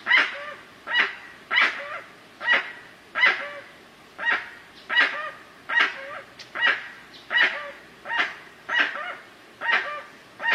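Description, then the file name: Dusky-legged guan producing a regular series of rough yelping notes, each followed by a short lower tone, repeated about every second. "Canto do jacuguacu"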